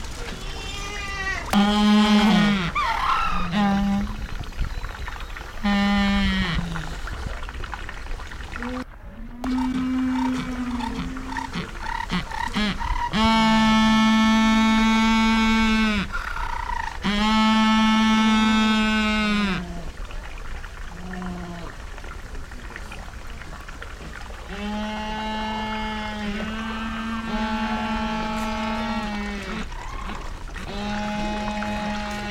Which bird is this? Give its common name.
Humboldt Penguin